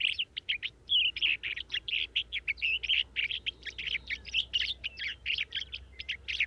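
Sage thrasher song: a dense, hurried stream of varied chirpy and trilled notes, warbling without a break throughout.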